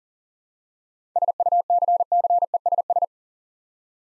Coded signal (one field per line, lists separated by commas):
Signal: Morse code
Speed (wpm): 42 wpm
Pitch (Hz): 700 Hz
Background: none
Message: SUCCESS